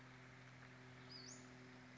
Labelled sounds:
Western Flycatcher
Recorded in Sonoma County, California

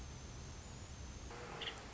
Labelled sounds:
Nuttall's Woodpecker
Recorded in Sonoma County, California

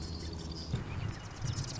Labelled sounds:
Marsh Wren
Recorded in Sonoma County, California

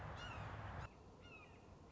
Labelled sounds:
Red-shouldered Hawk
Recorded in Sonoma County, California

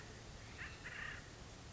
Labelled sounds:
Acorn Woodpecker
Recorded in Sonoma County, California

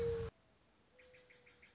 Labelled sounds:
Mourning Dove
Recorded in Sonoma County, California

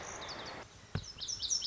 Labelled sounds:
Lazuli Bunting
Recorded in Sonoma County, California

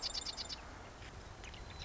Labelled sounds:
Marsh Wren
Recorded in Sonoma County, California

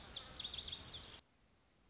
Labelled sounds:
Lazuli Bunting
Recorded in Sonoma County, California

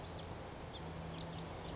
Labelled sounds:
House Finch
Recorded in Sonoma County, California

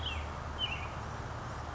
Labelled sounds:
Western Tanager
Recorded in Sonoma County, California

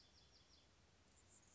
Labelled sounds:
Anna's Hummingbird
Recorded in Sonoma County, California

